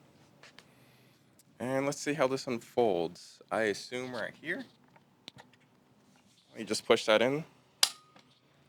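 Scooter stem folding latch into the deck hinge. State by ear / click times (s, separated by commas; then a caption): seated / 7.8 s. Someone talks while the folded stem of an electric scooter is raised and pushed into its folding latch at the deck hinge. At 7.8 s a single sharp, loud metallic snap rings out as the latch snaps into place, and the stem is seated.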